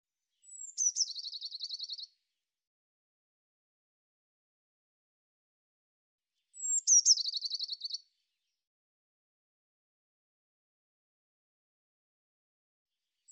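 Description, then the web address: Eurasian blue tit giving repeated calls, each a sharp high falling note followed by a scolding, buzzy churring trill, repeated roughly every six seconds in a silent background. "cianscape birddata Deverinetal 2025 File cleaned normalized Bird Cy Ca"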